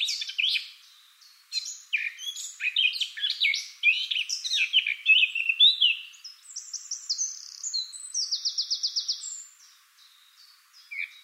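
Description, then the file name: Eurasian blackcap warbling song, a long scratchy jumble of varied notes ending in a quick buzzy trill of repeated notes, then a short pause. "Sylvia atricapilla"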